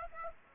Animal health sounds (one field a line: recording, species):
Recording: mosquito wingbeat signal from an infrared sensor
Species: Aedes aegypti